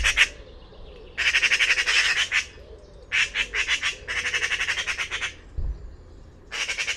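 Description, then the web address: Bird giving grating, rapidly repeated pulsed calls in about five bursts, a brief low thump partway through. Call type labelled "Pi Pi Pi Pi" class, bird-only dataset, 2025. "cianscape birddata Deverinetal 2025 File origin Bird Only More Classes Pi Pi Pi Pi"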